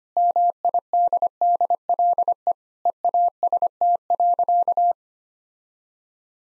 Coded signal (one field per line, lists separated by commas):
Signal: Morse code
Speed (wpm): 25 wpm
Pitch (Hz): 700 Hz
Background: none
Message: MIDDLE EAST.